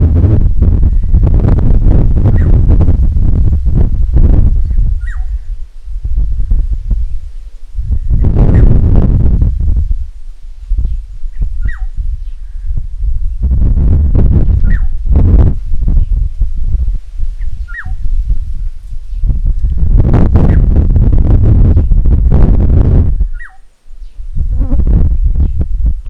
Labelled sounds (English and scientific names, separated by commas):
African Black-headed Oriole (Oriolus larvatus)